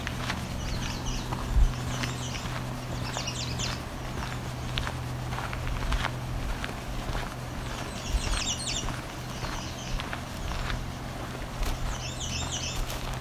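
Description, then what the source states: American redstart singing: several short, thin, high-pitched phrases over a steady low hum. Very loud redstarts, heard near the shore in exposed-rock alvar habitat.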